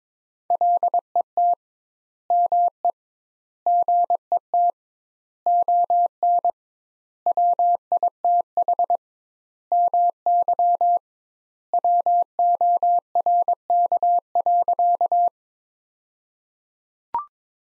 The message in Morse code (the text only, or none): LET ME GET ON WITH MY WORK.